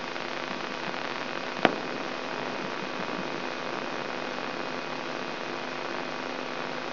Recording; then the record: brain microelectrode recording played as sound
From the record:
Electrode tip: inside the subthalamic nucleus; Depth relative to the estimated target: 0 mm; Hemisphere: left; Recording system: AlphaMap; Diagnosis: Parkinson's disease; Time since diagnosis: 16 years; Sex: male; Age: 67 years